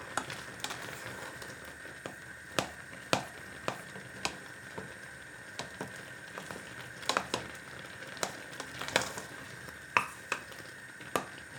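Apple compote being made: a steady low hiss of something simmering runs throughout, with a thin bright tone held over it. Sharp clicks and knocks of a utensil against a pot land irregularly, about once a second, louder near 2.5, 7, 9 and 10 seconds.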